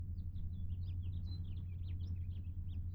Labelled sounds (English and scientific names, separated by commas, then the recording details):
House Finch (Haemorhous mexicanus) song
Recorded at Hewlett Harbor on Long Island, New York, on 10 June 1975
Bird D